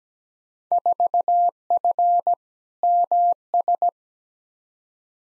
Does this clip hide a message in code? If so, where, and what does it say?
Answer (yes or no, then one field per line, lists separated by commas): yes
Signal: Morse code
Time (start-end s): 0.7-3.9 s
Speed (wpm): 17 wpm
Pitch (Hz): 700 Hz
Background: none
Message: 4F MS